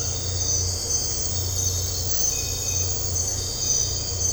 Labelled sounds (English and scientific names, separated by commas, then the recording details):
none
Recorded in dense forest near Puerto Asís, Putumayo, Colombia, on 9 March 2025 at 02:00
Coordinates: 0.468, -76.322
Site GP01